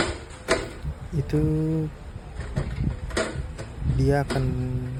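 The CPU retention lever on a motherboard socket is pressed down until it locks automatically, with a sharp click at 0.5 s. Someone talks throughout, and the lever ends up locked in place.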